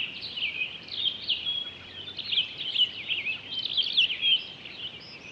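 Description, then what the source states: Townsend's solitaire singing a long, rambling, high warbled song of rapid liquid notes, running without a break through the whole stretch over a faint background hiss. Recorded 23 October 2011.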